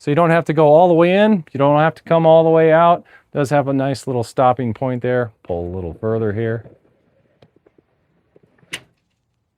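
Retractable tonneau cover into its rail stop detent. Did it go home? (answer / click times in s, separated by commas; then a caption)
yes / 8.7 s. Someone talks while a retractable tonneau cover on a 2026 Ram Rebel is pulled a little further along its rails. After a few faint ticks, a sharp click at 8.7 s marks the cover seating into the next detent stop.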